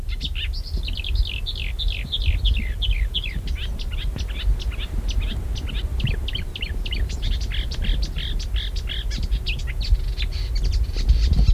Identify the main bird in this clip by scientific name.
Acrocephalus palustris